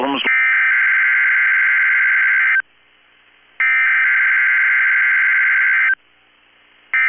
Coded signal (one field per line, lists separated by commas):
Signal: Emergency Alert System (SAME) tones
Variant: header bursts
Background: speech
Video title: 5/18/22 - KEC65 Required Weekly Test (EAS #477)